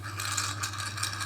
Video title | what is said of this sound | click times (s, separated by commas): Never ending stringing problem, dice shotgun shell prototype - Log Entry #22 | multiple dies you just close the latch make sure it clicks | 1.0 s